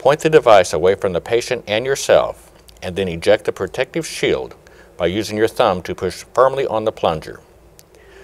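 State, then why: Seated. Someone talks while the injection device is pointed away and a thumb pushes firmly on the plunger, sliding the plastic protective needle shield of the prefilled vaccine injection device forward over the needle after the injection. A sharp click at 7.8 s marks the shield locking into place, followed by a fainter tick.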